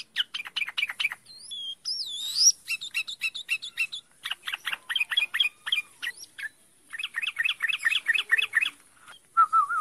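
Bird song of fast, varied chirps and twittering notes, with a few high rising whistles and a sweet lower warble near the end.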